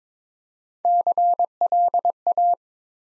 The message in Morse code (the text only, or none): CLA